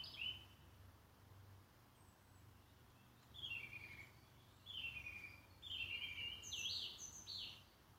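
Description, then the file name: Bird song with scattered high chirps, several downslurred notes, then a lively phrase of rising and falling whistled notes, against a quiet low hum. "oiseau"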